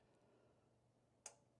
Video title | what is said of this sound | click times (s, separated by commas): National Cash Register- Model 317 | Clicks again. | 1.3 s